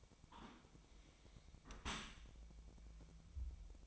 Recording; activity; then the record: daily activity, microphone in the room; close dishwasher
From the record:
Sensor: 1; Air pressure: 1003.1 hPa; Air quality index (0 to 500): 196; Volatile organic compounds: 6 ppm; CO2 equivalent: 1873 ppm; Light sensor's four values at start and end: 29/71/30/37 and 29/71/30/37